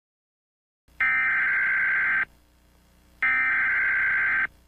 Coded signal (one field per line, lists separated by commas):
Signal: Emergency Alert System (SAME) tones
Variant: header bursts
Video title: EAS Scenario: The Powerpuff Girls